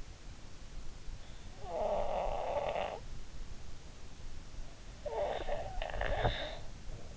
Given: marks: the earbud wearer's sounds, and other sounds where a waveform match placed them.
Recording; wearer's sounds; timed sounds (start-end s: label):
sounds in sleep by an in-ear microphone; snoring breath
1.51-3.00 s: snoring breath
5.02-6.63 s: snoring breath